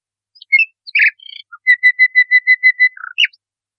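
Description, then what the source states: Nightingale song: varied chirps open the phrase, then a rapid run of about eight even whistled notes, ending with a rough burst. Song used to train caged songbirds.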